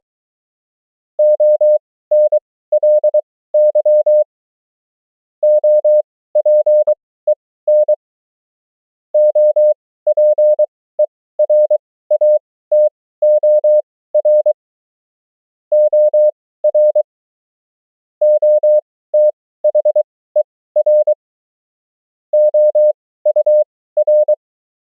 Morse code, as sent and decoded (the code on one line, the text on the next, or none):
--- -. .-.. -.-- / --- .--. . -. / --- .--. . .-. .- - --- .-. / --- .-. / --- - .... . .-. / --- ..- .-.
ONLY OPEN OPERATOR OR OTHER OUR